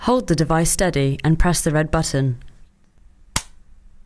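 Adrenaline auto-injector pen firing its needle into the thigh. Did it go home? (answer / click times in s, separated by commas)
released / 3.4 s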